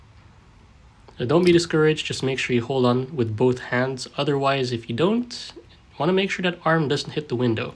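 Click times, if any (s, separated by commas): none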